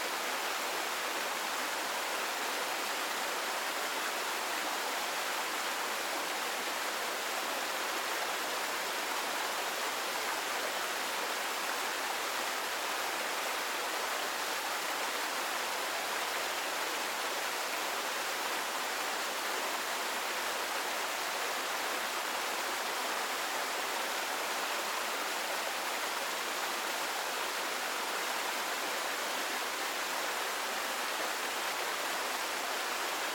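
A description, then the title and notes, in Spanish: A waterfall pours steadily, its dense rushing hiss unbroken for the whole half-minute. The sound sits bright and full, with little low rumble. No separate splashes or other sounds stand out. Sonido de una CASCADA. El suave murmullo del agua que fluye.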